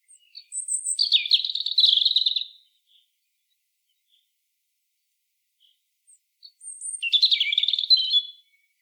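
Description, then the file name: European robin song in two separate bursts of fast, high, twittering warble, each about two seconds long, with a quiet gap of roughly four seconds between them. "Erithacus rubecula"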